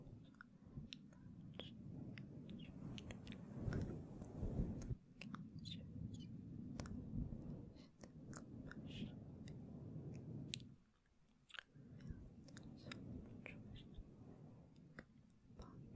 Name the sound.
Inaudible Whispering and Gentle Mic Touching